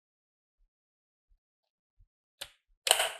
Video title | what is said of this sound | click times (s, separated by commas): unboxing rc helicopter terbaru | sudah mengunci di belakang dan | 2.9 s